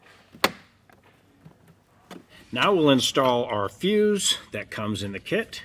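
A plastic interior trim panel is pressed back into place over tucked wiring inside a 2025 Chevrolet Silverado 1500 during installation of a Demco Air Force One flat tow brake system. The panel snaps on with one sharp click at 0.4 s, followed by a few faint taps. Then someone talks.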